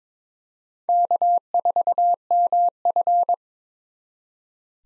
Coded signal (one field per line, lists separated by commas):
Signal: Morse code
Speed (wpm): 22 wpm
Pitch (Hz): 700 Hz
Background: none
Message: K4MF